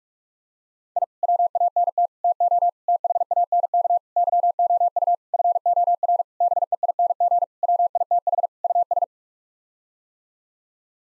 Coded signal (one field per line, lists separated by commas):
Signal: Morse code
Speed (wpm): 46 wpm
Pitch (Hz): 700 Hz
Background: none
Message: I WANT TO THANK YOU FOR BEING WITH US